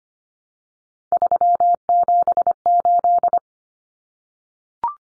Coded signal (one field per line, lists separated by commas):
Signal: Morse code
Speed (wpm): 25 wpm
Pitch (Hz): 700 Hz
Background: none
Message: 378